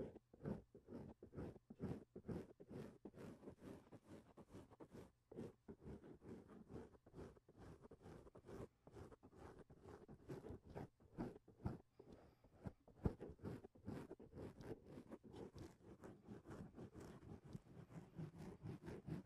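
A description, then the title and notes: Microphone touching, a steady run of rubbing scrapes and sharp clicks repeating quickly throughout, mostly low and muffled with brief bright ticks. Mic touching.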